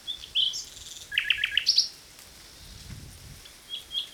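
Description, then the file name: Common nightingale singing a short phrase of clear whistles followed by a quick burst of rising chirped notes, then quiet with faint high whistles. "Luscinia megarhynchos"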